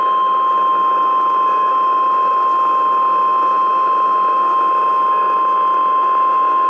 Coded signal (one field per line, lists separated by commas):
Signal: Emergency Alert System (SAME) tones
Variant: 1050 Hz attention tone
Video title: NOAA Weather Radio - EAS #130: Severe Thunderstorm Warning (4/9/2012)